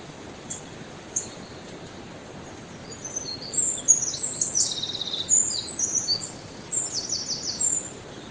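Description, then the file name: Eurasian wren song: a few brief high notes, then from the third second a fast, tumbling run of very high trills and twitters lasting almost to the end, over steady hiss. "Troglodytes troglodytes"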